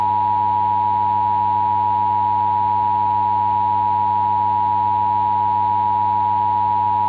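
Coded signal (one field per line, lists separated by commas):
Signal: Emergency Alert System (SAME) tones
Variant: 853 and 960 Hz attention tone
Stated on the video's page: Mock Required Monthly Test with SAME tones, made as a joke with a VHS effect.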